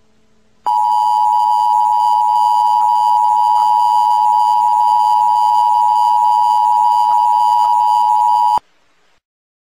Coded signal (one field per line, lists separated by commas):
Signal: Emergency Alert System (SAME) tones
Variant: 853 and 960 Hz attention tone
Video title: ***EMERGENCY ACTION MESSAGE*** MISSING CHILDREN FRISCO, TX